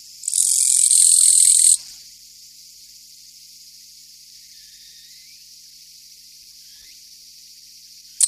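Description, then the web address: Japanese katydid producing a single intense, high-pitched buzz of about one and a half seconds, then near silence. "sikioto insect kirigirisu"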